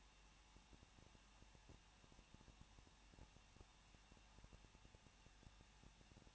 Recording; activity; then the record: daily activity, microphone in the room; no activity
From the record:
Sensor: 1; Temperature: 20.1 degrees Celsius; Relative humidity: 39.0%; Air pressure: 1006.6 hPa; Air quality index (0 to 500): 216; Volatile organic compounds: 71 ppm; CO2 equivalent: 3531 ppm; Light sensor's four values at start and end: 1/2/1/1 and 1/2/1/1